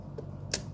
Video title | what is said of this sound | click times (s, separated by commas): Sony TC-KA3ES Cassette Deck Repair (TCM-200 Mechanism) | clicks in place yes yes | 0.5 s